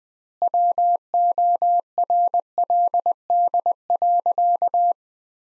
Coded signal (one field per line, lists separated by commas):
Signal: Morse code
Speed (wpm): 21 wpm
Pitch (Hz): 700 Hz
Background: none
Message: WORLD.